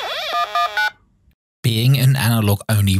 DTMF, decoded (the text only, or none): 119